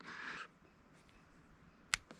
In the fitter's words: then it just snaps into place